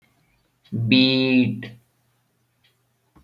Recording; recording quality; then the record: sustained vowel as in beet; excellent, no background noise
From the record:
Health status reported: exposed to COVID-19, no respiratory illness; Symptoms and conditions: sore throat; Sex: male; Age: 18 years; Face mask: not worn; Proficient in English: yes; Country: India